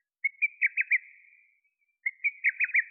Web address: Lesser cuckoo